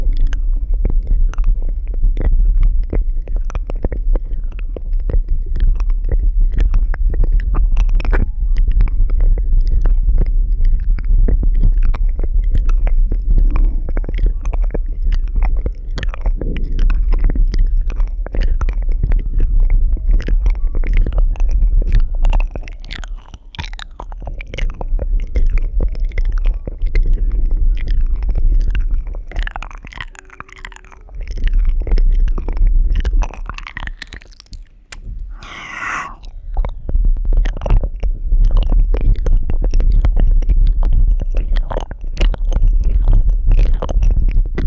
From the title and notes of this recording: ASMR Relaxing Ear Eating.